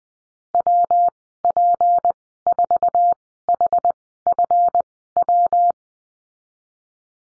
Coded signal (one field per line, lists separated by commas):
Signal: Morse code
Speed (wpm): 20 wpm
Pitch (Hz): 700 Hz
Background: none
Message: WP4HFW